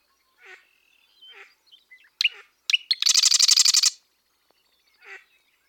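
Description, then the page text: Marsh wren song: soft scratchy notes, then sharp clicks leading into a fast buzzy trill of many rattling notes, with a soft note after. Marsh wren of 100% western ancestry singing western song; western and eastern populations remain genetically and culturally distinct across a broad overlap zone in southern Saskatchewan, North America. "The songs and genes of Marsh Wrens tell of two species in North America - American Ornithological Society"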